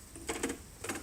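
A weather station sensor is lined up with the plastic guides, set onto its mounting pole and twisted until it locks, giving short clicks at 0.2, 0.4 and 0.8 seconds. The sensor is confirmed seated on the pole.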